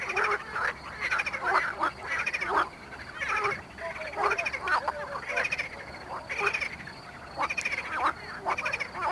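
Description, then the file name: Marsh frog calls, rattling pulsed croaks repeated roughly every second, several frogs calling over one another in a lively chorus. Mali lag, Botevgrad, Bulgaria. "Pelophylax ridibundus at Mali lag, Botevgrad, Bulgaria"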